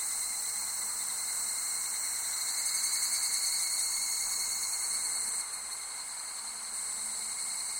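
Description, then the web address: Insects in a continuous high-pitched chorus, shimmering steady trilling that drops a little in loudness partway through. Summer ambience of insects recorded in Japan. "Sound Effects-Foundation 1 AMBIENCE JAPANESE SUMMER INSECTS"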